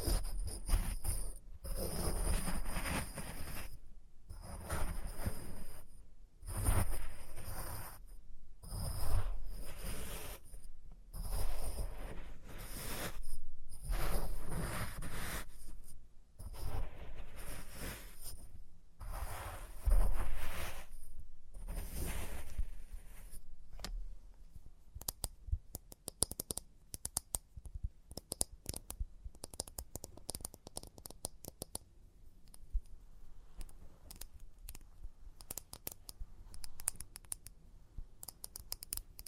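Experimental triggers in test tubes: dense crackling, rattling bursts with short pauses for about twenty seconds, then quieter, scattered clicks and taps.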